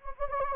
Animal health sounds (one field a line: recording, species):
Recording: mosquito wingbeat signal from an infrared sensor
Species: Anopheles gambiae